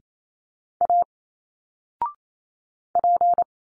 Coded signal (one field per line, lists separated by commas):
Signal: Morse code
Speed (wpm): 28 wpm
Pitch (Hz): 700 Hz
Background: none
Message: A P